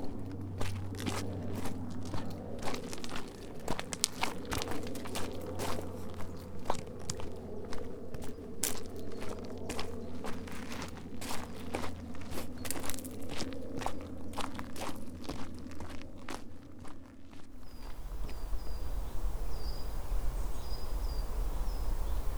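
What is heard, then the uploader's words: Footsteps crunch steadily along an outdoor path, sharp regular strides over a low hum for most of the stretch. Near eighteen seconds the steps stop and the scene opens into a quieter, breezy outdoor hush with a low rumble and a few faint high chirps. Today's walk is from Woodbury Castle to Exmouth along the East Devon Way.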